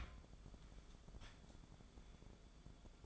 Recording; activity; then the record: daily activity, microphone in the room; take from stove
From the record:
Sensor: 5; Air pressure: 1010.4 hPa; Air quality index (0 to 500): 110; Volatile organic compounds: 2 ppm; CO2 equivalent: 1080 ppm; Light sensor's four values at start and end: 566/1431/595/682 and 557/1420/588/675